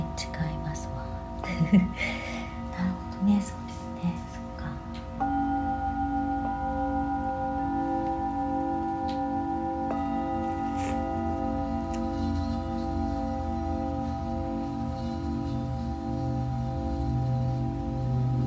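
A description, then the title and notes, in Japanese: Singing bowls ring with long, steady sustained tones, a new strike around five seconds thickening the drone, while brief voice-like sounds flicker early. メキシコから シンギングボウルのサウンドヒーリング ライブ。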